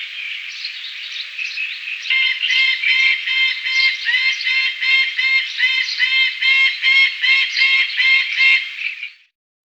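Saker falcon giving a fast, grating, rattling chatter of clipped notes, building in loudness and then stopping abruptly.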